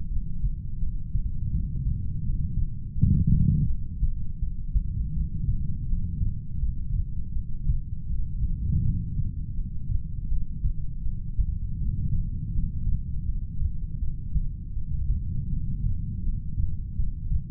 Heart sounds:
heart sounds by stethoscope; 82 bpm
0.10 s: heartbeat
0.80 s: heartbeat
1.52 s: heartbeat
2.24 s: heartbeat
2.95 s: heartbeat
3.68 s: heartbeat
4.40 s: heartbeat
5.14 s: heartbeat
5.88 s: heartbeat
6.60 s: heartbeat
7.34 s: heartbeat
8.07 s: heartbeat
8.84 s: heartbeat
9.56 s: heartbeat
10.29 s: heartbeat
11.04 s: heartbeat
11.79 s: heartbeat
12.54 s: heartbeat
13.27 s: heartbeat
14.00 s: heartbeat
14.74 s: heartbeat
15.50 s: heartbeat
16.24 s: heartbeat
16.97 s: heartbeat
From the record:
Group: heart failure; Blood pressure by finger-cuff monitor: 102/53 mmHg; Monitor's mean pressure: 71 mmHg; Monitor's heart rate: 82 bpm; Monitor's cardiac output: 10.1 L/min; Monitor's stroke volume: 123 mL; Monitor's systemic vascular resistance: 500 dyn s/cm5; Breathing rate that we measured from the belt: 18 breaths a minute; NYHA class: 1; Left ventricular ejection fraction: 39%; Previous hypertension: present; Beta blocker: carvedilol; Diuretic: furosemide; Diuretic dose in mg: 20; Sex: male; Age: 60 years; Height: 178 cm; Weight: 62 kg

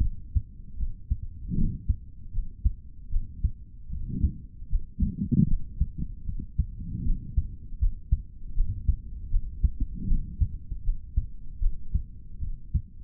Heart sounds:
heart sounds by stethoscope; 77 bpm
0.00 s: heartbeat
0.76 s: heartbeat
1.54 s: heartbeat
2.31 s: heartbeat
3.09 s: heartbeat
3.89 s: heartbeat
4.68 s: heartbeat
5.46 s: heartbeat
6.24 s: heartbeat
7.03 s: heartbeat
7.79 s: heartbeat
8.54 s: heartbeat
9.29 s: heartbeat
10.06 s: heartbeat
10.82 s: heartbeat
11.59 s: heartbeat
12.39 s: heartbeat
From the record:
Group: healthy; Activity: rest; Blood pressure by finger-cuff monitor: 94/61 mmHg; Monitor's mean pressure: 74 mmHg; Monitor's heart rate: 77 bpm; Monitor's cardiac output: 4.2 L/min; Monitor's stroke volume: 54 mL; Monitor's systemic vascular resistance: 1290 dyn s/cm5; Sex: male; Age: 55 years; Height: 167 cm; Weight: 57.2 kg

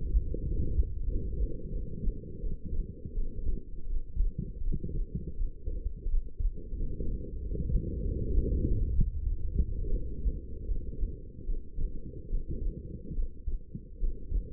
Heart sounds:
heart sounds by stethoscope; 84 bpm
0.43 s: heartbeat
1.05 s: heartbeat
1.70 s: heartbeat
2.40 s: heartbeat
3.13 s: heartbeat
3.87 s: heartbeat
4.62 s: heartbeat
5.36 s: heartbeat
6.08 s: heartbeat
6.76 s: heartbeat
7.39 s: heartbeat
8.01 s: heartbeat
8.63 s: heartbeat
9.23 s: heartbeat
9.90 s: heartbeat
10.65 s: heartbeat
11.45 s: heartbeat
12.29 s: heartbeat
13.14 s: heartbeat
13.99 s: heartbeat
From the record:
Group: healthy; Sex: female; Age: 19 years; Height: 163 cm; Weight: 51 kg

